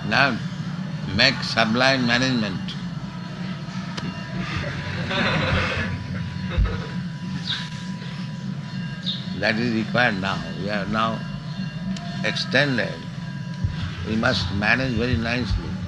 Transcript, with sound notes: Now make sublime management. [laughter] That is required now. We are now extended. We must manage very nicely.